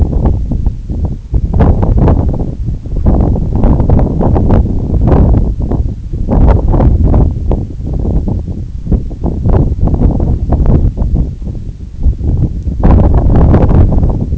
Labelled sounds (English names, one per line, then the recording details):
none
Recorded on Arctic tundra, site NAIT-1, on 2 July 2019
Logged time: 02:00